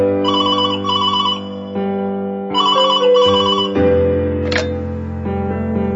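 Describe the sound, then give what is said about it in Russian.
A telephone rings with loud, warbling electronic trills in paired bursts, repeating twice over a steady humming tone. A brief higher chirp follows near the end, and no one speaks. “И тут вдруг, в один прекрасный день, раздается телефонный звонок.”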